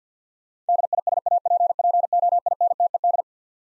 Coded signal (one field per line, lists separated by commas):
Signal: Morse code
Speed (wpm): 47 wpm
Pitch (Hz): 700 Hz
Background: none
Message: DISAPPOINTED